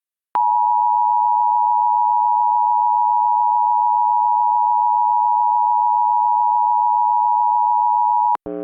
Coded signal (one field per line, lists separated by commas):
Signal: Emergency Alert System (SAME) tones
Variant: 853 and 960 Hz attention tone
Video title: EAS Reenactment Mock: Dusts storms in Northwest Texas - 03/22/2021